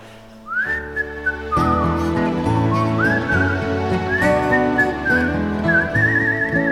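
Someone whistles a melody in clear, bright tones, gliding up and down between notes across several phrases, carried over a full, steady instrumental accompaniment.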